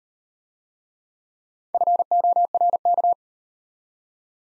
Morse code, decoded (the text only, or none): FORK